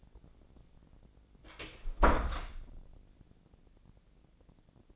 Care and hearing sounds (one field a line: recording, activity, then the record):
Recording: daily activity, microphone in the room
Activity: close door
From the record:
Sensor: 5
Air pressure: 1009.3 hPa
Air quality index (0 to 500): 165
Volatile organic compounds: 2 ppm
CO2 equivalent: 1262 ppm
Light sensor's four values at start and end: 143/339/144/156 and 143/338/144/156